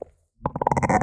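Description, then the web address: Chihuahua growling: a brief grunt, a pause, then a rapid, pulsing rasp with a harsh buzzy texture that grows louder toward the end. Growl recorded muffled. "soundpool geraeusche natur-tiere hunde"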